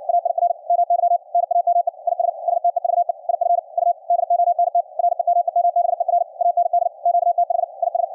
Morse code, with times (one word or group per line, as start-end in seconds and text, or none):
0.1-0.5 AIR
0.7-1.2 MY
1.3-1.9 NAME
2.1-2.3 IS
2.5-3.1 STEVE
3.3-3.6 IF
3.8-3.9 U
4.1-4.8 DONT
5.0-6.2 REMEMBER
6.4-6.9 AND
7.1-7.6 QTH
7.8-8.0 IS